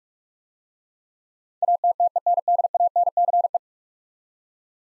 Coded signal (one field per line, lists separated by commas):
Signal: Morse code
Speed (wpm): 44 wpm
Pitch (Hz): 700 Hz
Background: none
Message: ATTENDANCE